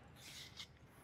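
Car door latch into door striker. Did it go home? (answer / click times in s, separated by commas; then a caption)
no / none. On a 1984 Maruti 800, the door is being handled so its latch will lock into the door striker on closing, a design meant to make the owner lock the car on purpose and avoid leaving the key inside. Soft rubbing and rasping noise rises in bright hissy bursts around 0.3–0.4 s and 0.6 s, with a faint tick at 0.8 s and a low thump starting at the very end. The door latch has not yet clicked or seated into the striker.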